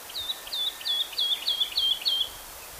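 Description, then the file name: Woodlark song phrase of about seven clear, falling whistled notes evenly spaced. "Tottavilla"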